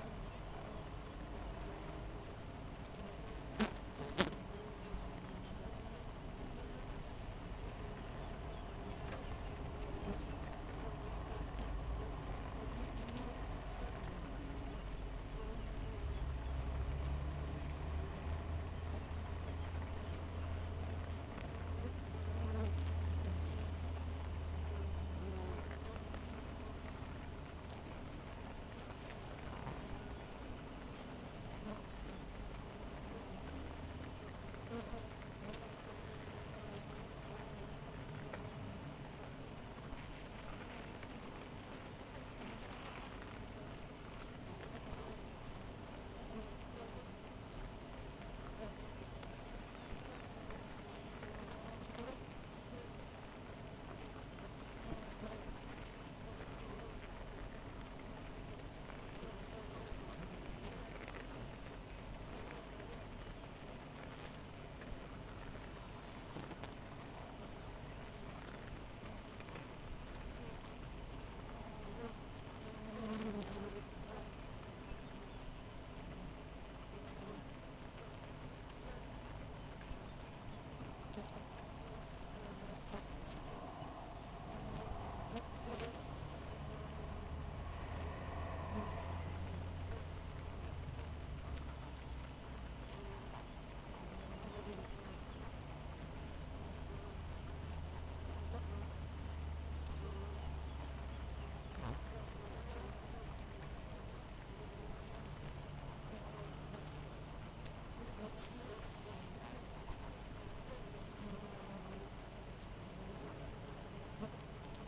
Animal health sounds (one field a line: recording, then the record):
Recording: honeybee colony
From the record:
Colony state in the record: missing queen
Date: 14 July 2017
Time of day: 6:37